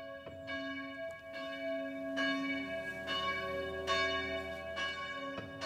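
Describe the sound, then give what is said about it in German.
Church bells peal continuously, rung for the homecoming of prisoners of war on a school day in the late 1940s, with repeated strikes every second or so ringing over a sustained bed of overlapping tones. The ringing stays steady and fairly loud, with no voices. “Der Vater kam aus der Kriegsgefangenschaft nach Hause und die Kinder wurden aus der Schule geholt und die Glocken läuteten, also zur Heimkehr Kriegsgefangenen.”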